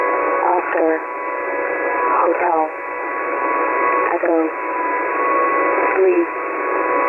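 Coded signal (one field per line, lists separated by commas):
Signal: coded military voice message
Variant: HFGCS Emergency Action Message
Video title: HFGCS EAM 231223 16:16 UTC [92 CHARACTER MESSAGE]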